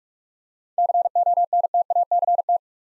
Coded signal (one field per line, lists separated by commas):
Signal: Morse code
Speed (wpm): 42 wpm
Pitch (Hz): 700 Hz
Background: none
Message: CONTACT